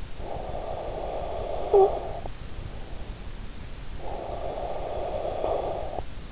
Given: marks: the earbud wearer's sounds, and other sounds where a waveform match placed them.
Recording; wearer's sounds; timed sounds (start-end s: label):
sounds in sleep by an in-ear microphone; snoring breath, breath
0.13-2.64 s: snoring breath
3.68-6.31 s: breath